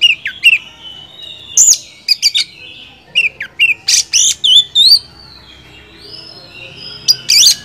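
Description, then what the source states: Oriental magpie-robin song of wavering whistles and harsh notes in quick clusters, pausing briefly before a final loud burst. Champion (juara) kacer song, used to train other songbirds (masteran).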